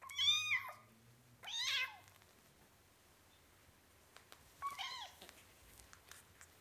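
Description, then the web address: Cat: kitten meowing three times, high thin mews with a bent, rising-then-falling shape, the first two close together and the third after a pause. Four-week-old kitten, meowing. "BBC Sound Effects Library (Cats) Four Week Old Kitten, Meowing"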